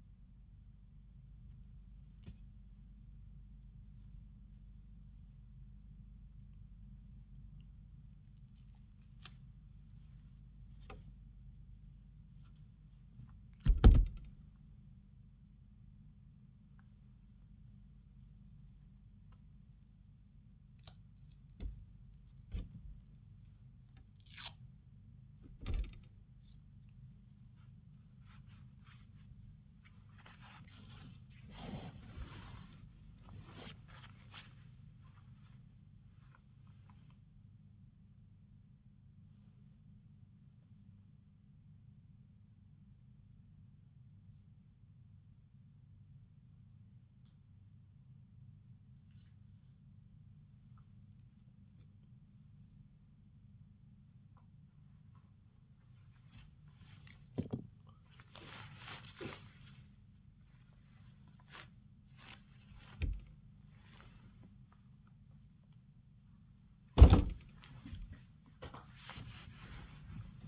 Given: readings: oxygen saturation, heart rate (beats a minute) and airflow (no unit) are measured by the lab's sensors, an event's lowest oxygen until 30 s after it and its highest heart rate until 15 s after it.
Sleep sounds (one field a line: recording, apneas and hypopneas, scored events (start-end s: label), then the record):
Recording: a person awake in a sleep study, by a smartphone at the bedside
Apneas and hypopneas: none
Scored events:
0.00-70.48 s: awake
From the record:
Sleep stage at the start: awake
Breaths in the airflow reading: 28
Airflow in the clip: -0.7 to 0.7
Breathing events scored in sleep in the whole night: 270 in 6.1 hours asleep